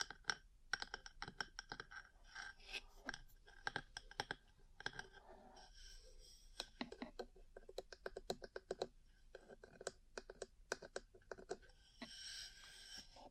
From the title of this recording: Ear Cleaning, Massage, Cupping, Tapping